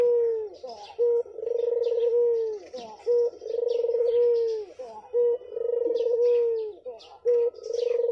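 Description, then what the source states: Barbary dove giving repeated two-part coos, a brief clipped note then a sustained throaty rolling coo, roughly every two seconds. Barbary dove, white form, recorded as a training (masteran) track for songbirds.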